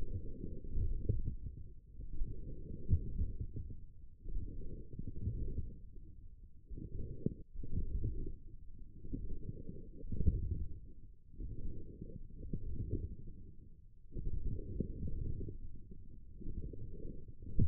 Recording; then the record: forearm muscle sounds (acoustic myography)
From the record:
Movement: forearm pronation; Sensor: system 1, eight BSWA MPA416 microphones around the upper forearm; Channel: 7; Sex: male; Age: 28 years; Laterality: right